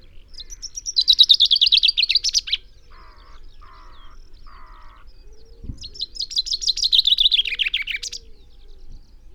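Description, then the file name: Common chaffinch singing two descending trilled phrases, each ending in a flourish, separated by a few soft lower notes and a brief low thump. "Fringilla coelebs"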